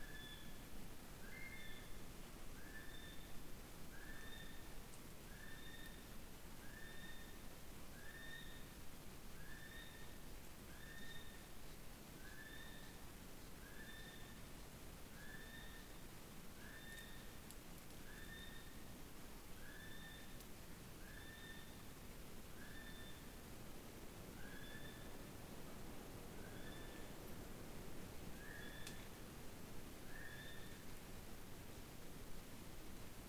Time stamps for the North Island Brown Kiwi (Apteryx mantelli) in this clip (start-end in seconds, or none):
0.00-31.10